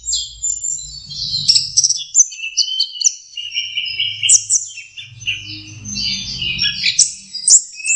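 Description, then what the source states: Orange-headed thrush giving a dense, rambling song of high twittering, scratchy notes and short whistles, with a low rumbling hum beneath. Masteran (training) song of anis merah (orange-headed thrush).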